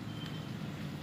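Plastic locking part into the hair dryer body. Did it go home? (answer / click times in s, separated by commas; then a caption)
no / none. A plastic locking part is handled as it is pressed back into a hair dryer body during reassembly after servicing. A steady low hum and rumble with faint background noise runs throughout, with no sharp sounds. Nothing has seated or clicked yet.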